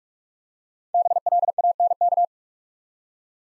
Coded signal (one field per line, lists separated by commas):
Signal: Morse code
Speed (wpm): 44 wpm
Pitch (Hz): 700 Hz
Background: none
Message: BLANK